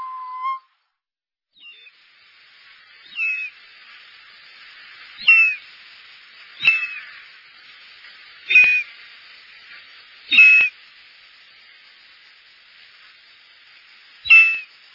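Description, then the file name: Short-toed snake eagle giving single plaintive whistled notes at irregular intervals, with quiet gaps between. "circaete jlb"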